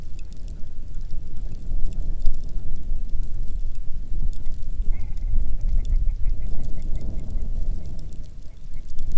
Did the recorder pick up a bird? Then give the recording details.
yes. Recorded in the Arctic National Wildlife Refuge, Alaska, on 1 June 2019 at 10:57. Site 37